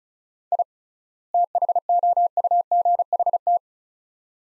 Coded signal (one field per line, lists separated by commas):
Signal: Morse code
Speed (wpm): 36 wpm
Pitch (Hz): 700 Hz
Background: none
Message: I THOUGHT